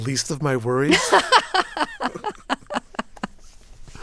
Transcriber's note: soundbite of laughter